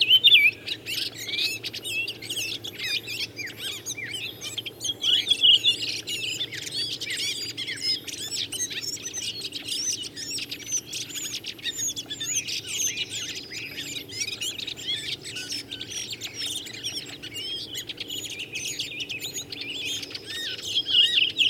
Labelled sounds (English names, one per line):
Redwing song